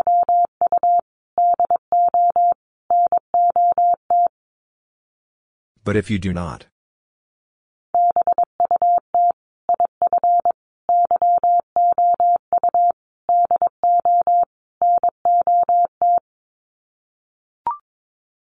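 Morse code beeps in a steady mid-pitched tone, sent in short groups with gaps, broken near six seconds by a brief rushing burst.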